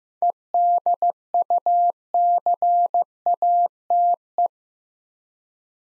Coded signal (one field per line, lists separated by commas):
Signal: Morse code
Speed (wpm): 15 wpm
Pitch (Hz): 700 Hz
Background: none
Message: EDUCATE